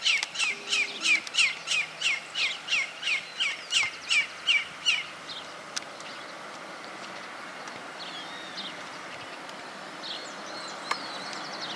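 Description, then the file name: Chimango caracara giving a rapid series of about fourteen harsh, scratchy notes over five seconds, then only quieter background noise. "chimango voz"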